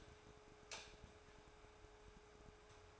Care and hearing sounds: daily activity, microphone in the room; light on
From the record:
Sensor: 2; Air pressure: 1010.1 hPa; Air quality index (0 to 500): 160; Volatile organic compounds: 7 ppm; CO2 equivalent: 2005 ppm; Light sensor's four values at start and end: 40/96/43/48 and 40/96/43/48

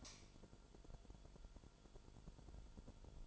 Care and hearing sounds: daily activity, microphone in the room; light on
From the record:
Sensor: 5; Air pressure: 1008.0 hPa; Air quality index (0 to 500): 109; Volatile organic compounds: 1 ppm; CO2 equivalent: 848 ppm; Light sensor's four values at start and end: 31/71/29/28 and 31/73/29/29

